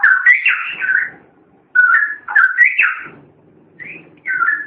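Long-tailed shrike song: slurred whistled phrases in short bursts.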